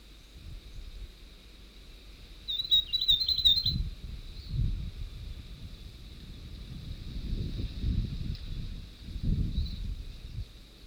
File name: north island tomtit song